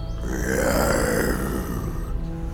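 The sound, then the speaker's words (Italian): A single faint, low, rough roar of Grox, a big frightening creature in a cave, rumbles steadily for about two and a half seconds, raspy and growling, then tapers off slightly at the end. No one speaks. “Da qui si sente solo un ruggito, così lieve che sembra venire tutt'altro che da una creatura grande e spaventosa.”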